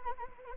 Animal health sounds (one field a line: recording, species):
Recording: mosquito wingbeat signal from an infrared sensor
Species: Anopheles arabiensis